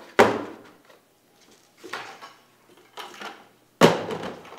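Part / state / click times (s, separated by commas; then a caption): plastic lumber-holder adapter onto five-gallon bucket rim / not seated / none. A plastic lumber-holder adapter is handled and pressed against the rim of a five-gallon bucket, producing hollow knocks and thumps at about 0.2, 1.9, 3.0 and 3.8 seconds, with quieter rustling in between. Nothing has seated or clicked yet.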